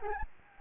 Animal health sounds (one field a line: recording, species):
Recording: mosquito wingbeat signal from an infrared sensor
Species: Anopheles gambiae